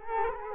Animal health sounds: mosquito wingbeat signal from an infrared sensor; Culex quinquefasciatus

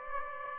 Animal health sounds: mosquito wingbeat signal from an infrared sensor; Aedes aegypti

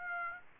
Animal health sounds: mosquito wingbeat signal from an infrared sensor; Aedes aegypti

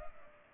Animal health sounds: mosquito wingbeat signal from an infrared sensor; Culex pipiens

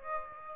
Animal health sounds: mosquito wingbeat signal from an infrared sensor; Aedes aegypti

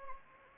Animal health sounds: mosquito wingbeat signal from an infrared sensor; Anopheles gambiae

